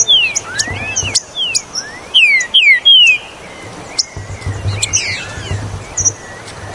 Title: Trinca Ferro Ao Maximo Trinca Ferro Maquin